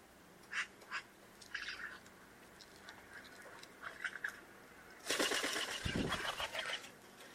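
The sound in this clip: Bird calls: several short notes and brief chattering bursts, then a loud rushing noise takes over for the final seconds.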